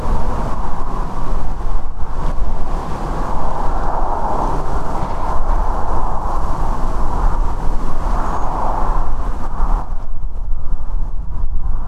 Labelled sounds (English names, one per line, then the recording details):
Redwing
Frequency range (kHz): Redwing 6.2-7.2 kHz
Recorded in France